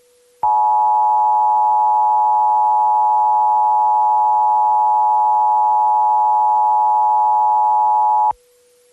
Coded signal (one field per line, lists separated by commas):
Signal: Emergency Alert System (SAME) tones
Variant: 853 and 960 Hz attention tone